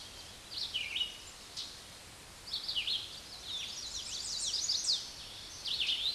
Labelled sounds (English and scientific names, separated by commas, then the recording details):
Chestnut-sided Warbler (Setophaga pensylvanica) song
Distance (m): 15 m
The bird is about 15 m above the microphone
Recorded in a Pennsylvania forest on 16 May 2024 at 06:43
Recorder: AudioMoth, point MSD-2258
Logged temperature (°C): 15.2 °C
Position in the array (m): 161 m, 91 m